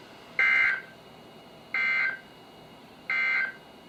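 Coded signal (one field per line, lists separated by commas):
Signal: Emergency Alert System (SAME) tones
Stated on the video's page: NOAA Weather Radio alerts from Sterling, VA via KHB36 162.550, WXM42 162.475, WNG736 162.450 and KEC83 162.400 MHz on various weather radios.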